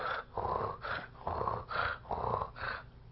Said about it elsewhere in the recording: We have something called a rub. A rub you should hear on both, inspiration and expiration.